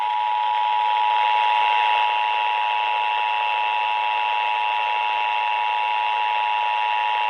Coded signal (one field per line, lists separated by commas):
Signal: Emergency Alert System (SAME) tones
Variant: 853 and 960 Hz attention tone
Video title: EAS Alerts From 7/9/25: A Compilation (EAS 869-898)